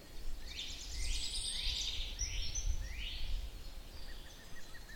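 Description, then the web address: Bird song: a few quick, rising sweeping notes, then a run of faint short chirps, over a steady low rumbling background. "madarak enek"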